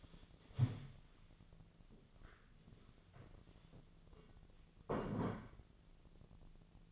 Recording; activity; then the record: daily activity, microphone in the room; stand up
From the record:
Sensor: 4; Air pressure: 1001.2 hPa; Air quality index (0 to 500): 182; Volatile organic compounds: 2 ppm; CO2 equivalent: 1306 ppm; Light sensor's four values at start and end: 15/34/14/14 and 15/34/14/14